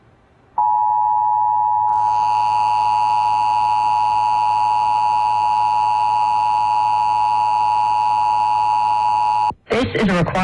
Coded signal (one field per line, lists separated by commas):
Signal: Emergency Alert System (SAME) tones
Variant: 853 and 960 Hz attention tone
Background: speech